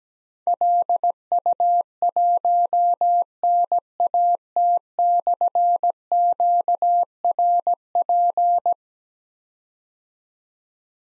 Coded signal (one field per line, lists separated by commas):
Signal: Morse code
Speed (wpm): 17 wpm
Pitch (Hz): 700 Hz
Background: none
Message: LU1NAT/QRP